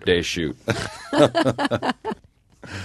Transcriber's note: soundbite of laughter